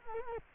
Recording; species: mosquito wingbeat signal from an infrared sensor; Culex quinquefasciatus